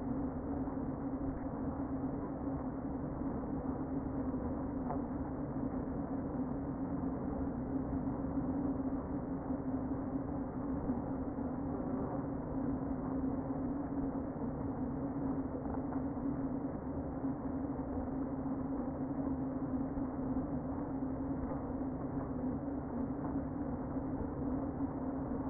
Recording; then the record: honeybee colony, microphone inside the hive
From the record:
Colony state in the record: queen present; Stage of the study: before two queens were removed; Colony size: about 60,000 bees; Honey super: yes